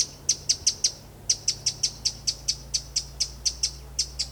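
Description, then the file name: Eurasian wren calls as a string of dry, high-pitched ticks, loosely spaced and somewhat uneven in rhythm, with a low background hum. "Troglodytes troglodytes"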